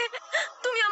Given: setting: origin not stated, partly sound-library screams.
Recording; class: one-second piece from a danger detection set; woman in danger